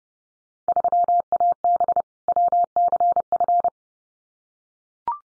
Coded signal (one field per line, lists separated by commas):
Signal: Morse code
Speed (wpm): 30 wpm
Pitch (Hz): 700 Hz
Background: none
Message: 3AB WCF